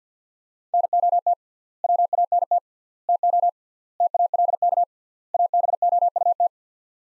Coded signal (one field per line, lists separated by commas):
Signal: Morse code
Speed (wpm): 50 wpm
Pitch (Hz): 700 Hz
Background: none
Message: NOT WANT TO TALK ABOUT